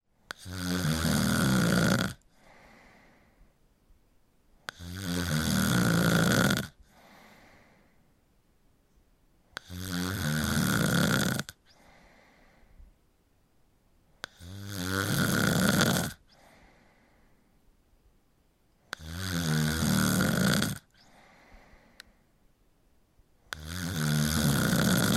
Snore.